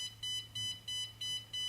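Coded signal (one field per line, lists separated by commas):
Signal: alarm pattern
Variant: SonoAlti canopy alarm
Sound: steady series of short medium-pitched beeps, about three per second, continuing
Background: low hum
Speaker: I'm going to fill a hundred feet of altitude with low medium beeps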